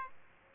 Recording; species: mosquito wingbeat signal from an infrared sensor; Aedes aegypti